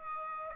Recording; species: mosquito wingbeat signal from an infrared sensor; Aedes aegypti